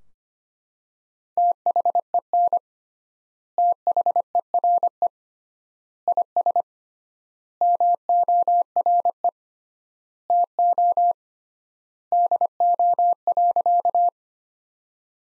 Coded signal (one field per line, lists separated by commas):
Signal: Morse code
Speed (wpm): 25 wpm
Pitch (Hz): 700 Hz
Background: none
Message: THEN THERE IS MORE TO DO.